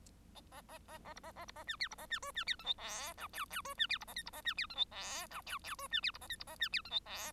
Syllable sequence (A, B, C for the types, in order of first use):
A A A A B A A B A C D B A C E C D F G H I J J E C D B A K B A C D F G H I J J E C D B A K B A C D F G H